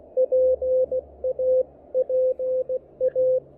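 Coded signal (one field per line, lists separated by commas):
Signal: Morse code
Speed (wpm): 17 wpm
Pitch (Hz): 500 Hz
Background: radio noise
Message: PA PA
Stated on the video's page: Morse from a QRP field activation with an Elecraft KH1 and a kit-built no-transformer random wire antenna.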